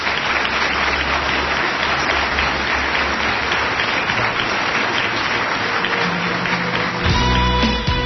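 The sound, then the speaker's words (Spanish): Sustained applause from a crowd for Fernando Rueda, a dense, steady clatter of many hands clapping for several seconds, then giving way at the end to a short burst of music. “Hablando de más, en verdad que son muchos, más que muchos, los aplausos para Fernando Rueda.”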